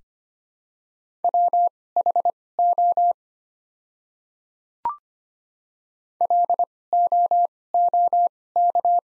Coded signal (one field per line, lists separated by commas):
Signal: Morse code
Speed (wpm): 25 wpm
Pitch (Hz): 700 Hz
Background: none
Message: WHO LOOK